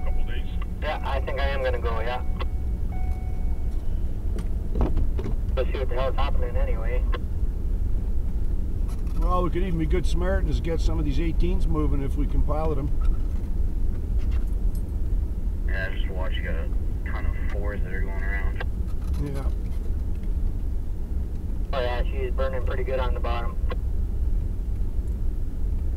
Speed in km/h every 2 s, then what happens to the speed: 20, 27, 32, 35, 36, 36, 38, 39, 38, 36, 35, 34, 33.
0-13 speeds up to 39. 13-26 steady at about 35.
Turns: none.